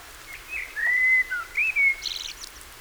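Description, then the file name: Common blackbird singing a mellow whistled warble of slurred notes, followed by a few higher squeaky twittering notes at the end. "Turdus merula"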